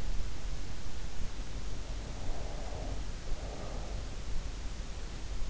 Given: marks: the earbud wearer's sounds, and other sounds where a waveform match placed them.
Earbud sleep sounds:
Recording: sounds in sleep by an in-ear microphone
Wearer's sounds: breath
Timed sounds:
2.20-4.11 s: breath

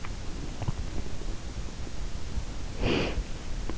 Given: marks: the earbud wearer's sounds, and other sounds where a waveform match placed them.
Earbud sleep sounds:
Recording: sounds in sleep by an in-ear microphone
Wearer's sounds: swallowing, body movement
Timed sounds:
0.00-1.41 s: swallowing
2.06-3.68 s: body movement

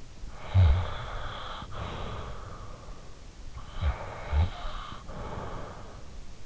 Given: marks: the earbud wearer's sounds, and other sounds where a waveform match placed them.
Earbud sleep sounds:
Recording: sounds in sleep by an in-ear microphone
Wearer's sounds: snoring breath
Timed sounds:
0.01-2.70 s: snoring breath
2.93-6.46 s: snoring breath

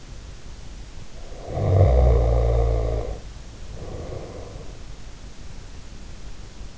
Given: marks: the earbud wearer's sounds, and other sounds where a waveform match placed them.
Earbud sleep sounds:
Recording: sounds in sleep by an in-ear microphone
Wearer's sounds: snoring breath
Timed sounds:
1.49-4.80 s: snoring breath

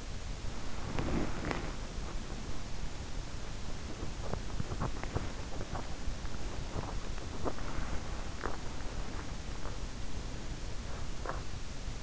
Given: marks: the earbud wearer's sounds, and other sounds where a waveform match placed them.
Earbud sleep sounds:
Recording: sounds in sleep by an in-ear microphone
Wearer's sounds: body movement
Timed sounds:
0.00-12.03 s: body movement

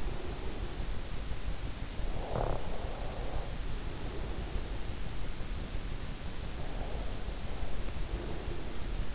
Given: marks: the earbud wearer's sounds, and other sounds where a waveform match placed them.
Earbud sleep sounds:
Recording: sounds in sleep by an in-ear microphone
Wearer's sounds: snoring breath, breath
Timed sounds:
1.54-4.73 s: snoring breath
6.25-9.15 s: breath

